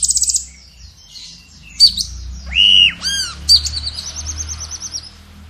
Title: Burung Cucak Keling Gacor Full Isian Teler